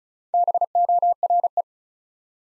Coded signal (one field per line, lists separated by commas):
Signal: Morse code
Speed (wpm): 36 wpm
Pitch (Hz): 700 Hz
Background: none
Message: BORE